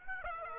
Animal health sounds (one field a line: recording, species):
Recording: mosquito wingbeat signal from an infrared sensor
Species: Aedes aegypti